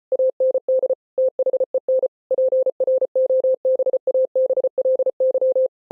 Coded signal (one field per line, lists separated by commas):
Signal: Morse code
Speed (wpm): 33 wpm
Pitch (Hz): 520 Hz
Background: none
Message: AND THEN PROBABLY